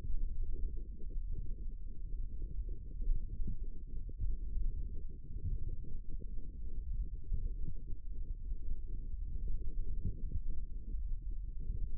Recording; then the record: forearm muscle sounds (acoustic myography)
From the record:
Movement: wrist extension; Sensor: system 1, eight BSWA MPA416 microphones around the upper forearm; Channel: 3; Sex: male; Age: 18 years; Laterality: right